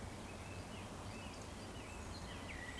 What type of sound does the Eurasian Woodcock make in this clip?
whistle